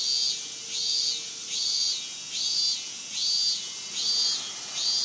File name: Hyalessa maculaticollis